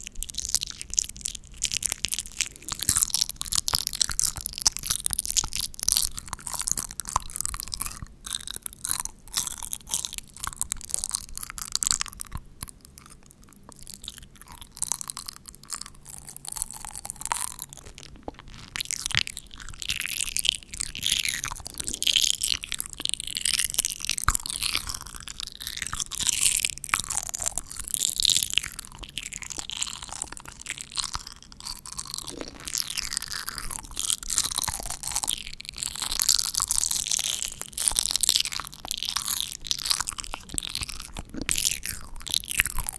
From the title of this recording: XXL Mouthsounds